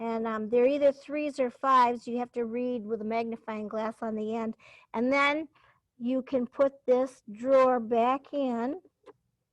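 A woman talks while handling the plastic fuse drawer from a machine's power inlet after checking the fuse, getting ready to push the drawer back in. Nothing has seated or clicked yet; the clip ends before the drawer goes home.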